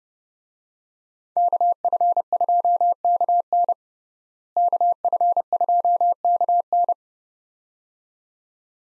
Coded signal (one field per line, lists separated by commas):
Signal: Morse code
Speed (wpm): 30 wpm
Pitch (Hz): 700 Hz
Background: none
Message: KF2KN KF2KN